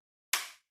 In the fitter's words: know where that goes just in there so boom just still hear it click